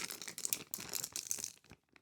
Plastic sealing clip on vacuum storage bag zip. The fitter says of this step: This is just to give you like a little extra, and once it's on tight like that, you hear it's just clicking now.